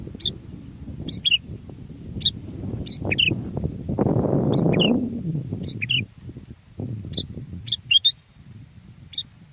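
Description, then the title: Sooty-headed bulbul song: quick bubbly notes, singly and in pairs, about a second apart, with a rushing noise swelling midway and low noise throughout. "kutilang"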